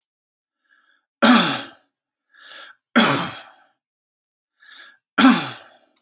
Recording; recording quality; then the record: heavy voluntary cough; moderate, slight background noise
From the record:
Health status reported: healthy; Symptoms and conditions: asthma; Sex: male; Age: 25 years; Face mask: not worn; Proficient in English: yes